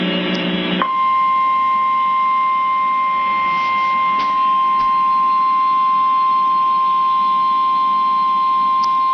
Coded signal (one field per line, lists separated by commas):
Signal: Emergency Alert System (SAME) tones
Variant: 1050 Hz attention tone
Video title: EAS Alert #27 - Severe Thunderstorm Warning #6 7/18/12